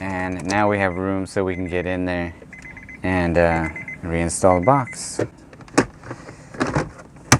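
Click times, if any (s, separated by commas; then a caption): 5.8 s, 7.3 s. Someone talks, then a plastic storage box is pushed back into the center console of a 2003-2007 Honda Accord, with the parking lever moved out of the way first. Light taps and rustling follow. Its retaining clips snap in with sharp clicks at 5.8 s and 7.3 s, and the box is seated.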